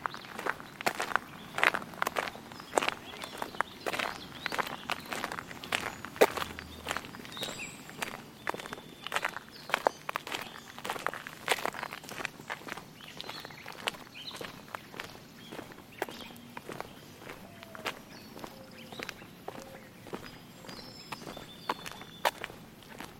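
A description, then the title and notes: Two people walk on a gravel road, their footsteps crunching in a steady, fairly quick rhythm. Sharp crackling steps dominate, with faint bird chirps and a soft outdoor hush in the background. Suburban Soundscape 003: Gravel Walk. Walking around the neighborhood with my wife on some gravel roads. Recorder: Zoom H6 Mic: XYH-6 X/Y Capsule 120 Degrees Gain Setting: 5 Processing: Normalized gain. High pass at 200Hz.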